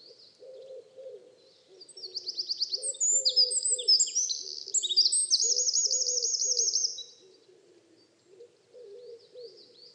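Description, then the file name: Eurasian wren singing a shrill, fast cascade of high twittering notes and rattling trills, with soft low cooing sounds pulsing in the background throughout. "Troglodytes troglodytes"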